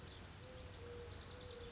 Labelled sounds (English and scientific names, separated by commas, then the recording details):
Mourning Dove (Zenaida macroura)
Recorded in Sonoma County, California